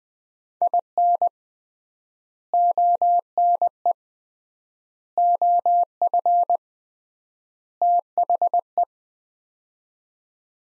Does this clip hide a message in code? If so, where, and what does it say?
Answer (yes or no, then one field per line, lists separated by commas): yes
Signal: Morse code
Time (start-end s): 0.6-8.8 s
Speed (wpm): 20 wpm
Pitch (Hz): 700 Hz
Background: none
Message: IN ONE OF THE